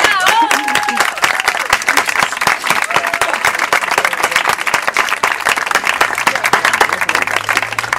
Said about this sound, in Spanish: un aplauso